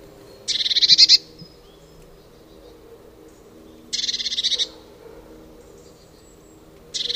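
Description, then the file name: Eurasian blue tit uttering harsh buzzy churring calls, three rapid pulsed bursts spaced about three seconds apart, with quiet pauses between. "Cyanistes caeruleus"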